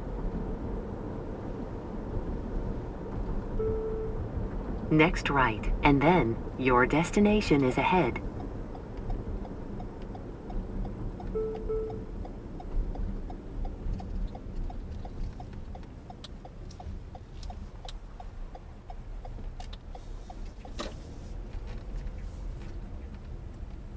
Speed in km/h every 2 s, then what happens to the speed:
63, 61, 60, 58, 50, 42, 35, 24, 13, 8, 11, 13.
0-17 slows to 8. 17-24 steady at about 11.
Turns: 13-19.